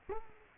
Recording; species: mosquito wingbeat signal from an infrared sensor; Culex quinquefasciatus